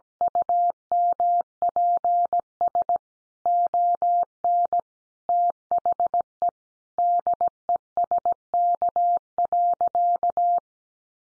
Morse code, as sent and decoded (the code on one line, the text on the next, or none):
..- -- .--. ... / --- -. / - .... . / -.. . ... -.- .-.-.-
UMPS ON THE DESK.